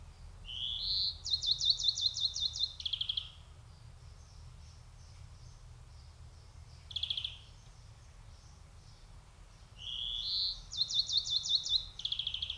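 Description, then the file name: European greenfinch with rising twittery notes leading into fast ringing trills, then a pause and a short call before the phrase repeats, low rumble throughout. "Chloris chloris"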